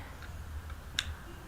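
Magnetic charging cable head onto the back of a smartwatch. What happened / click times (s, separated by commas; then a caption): The magnetic charger head snapped onto its contacts / 1.0 s. A magnetic charging cradle on a cable is placed onto the gold contacts on the back of a Dr Viva Power sports watch and snaps into place with a single sharp click at 0.99 s, the charger seated. Fainter ticks come before it, and low hum sits underneath throughout.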